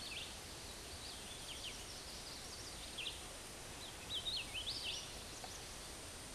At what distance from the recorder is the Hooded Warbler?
about 55 m